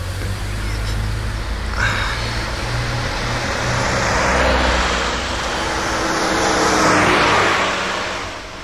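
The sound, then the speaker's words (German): A car engine rumbles steadily and then swells louder as the car pulls out of a driveway and drives off, with broad tire and road noise rising and fading at the end. No one speaks. “Da kommt ein Auto aus der Ausfahrt.”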